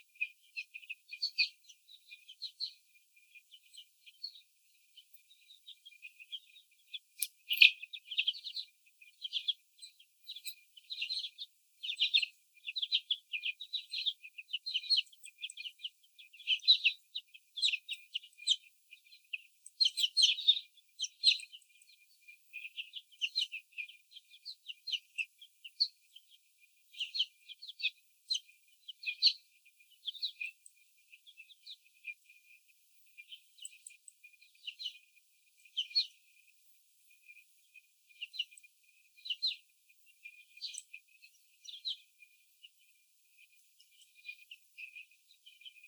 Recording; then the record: young laying hens in a cage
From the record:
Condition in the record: before the stressor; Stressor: sudden umbrella opening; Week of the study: 3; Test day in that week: 2